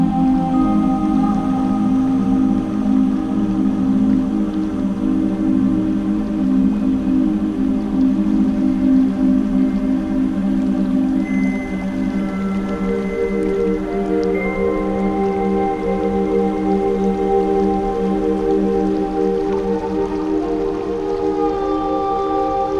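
Soft sustained piano-like tones hold a low, steady bed while brighter notes shift around midway; faint water droplets may tick underneath.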